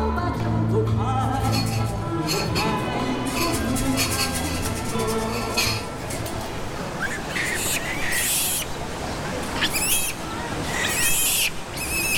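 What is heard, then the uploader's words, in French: Shamisen players strum their instruments, the first half carrying steady plucked notes over a low sustained tone. After about six seconds the sound turns denser and more crowded, with sharp bright strikes near eight, ten and eleven seconds and faint voices underneath. Joueurs de shamisen grattant leur instrument au détour des ponts.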